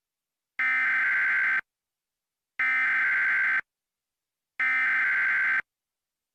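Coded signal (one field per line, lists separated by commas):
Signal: Emergency Alert System (SAME) tones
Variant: header bursts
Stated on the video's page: Tornado warning tones from NOAA weather radio in a Gacha Life animation.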